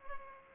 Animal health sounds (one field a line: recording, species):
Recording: mosquito wingbeat signal from an infrared sensor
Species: Culex pipiens